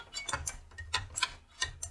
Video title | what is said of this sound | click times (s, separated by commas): Je répare ma nes qui clignote! | ça clipse bien à tous les coups donc maintenant ce | 0.5 s, 0.9 s